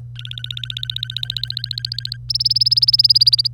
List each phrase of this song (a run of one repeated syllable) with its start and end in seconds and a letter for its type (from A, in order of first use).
0.16-2.17 A, 2.30-3.48 B